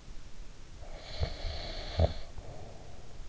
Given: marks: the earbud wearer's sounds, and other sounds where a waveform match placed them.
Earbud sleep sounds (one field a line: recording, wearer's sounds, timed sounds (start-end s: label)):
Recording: sounds in sleep by an in-ear microphone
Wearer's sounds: snoring breath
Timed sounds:
0.69-3.16 s: snoring breath